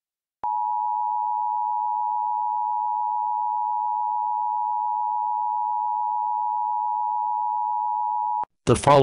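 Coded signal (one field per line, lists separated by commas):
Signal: Emergency Alert System (SAME) tones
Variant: 853 and 960 Hz attention tone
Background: speech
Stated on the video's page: Comedy EAS parody, simulated.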